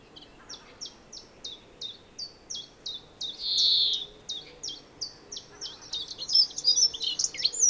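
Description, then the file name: European greenfinch uttering regular high chirps, one short buzzy wheeze in the middle, and a jumbled twittering phrase at the close. "Chloris chloris"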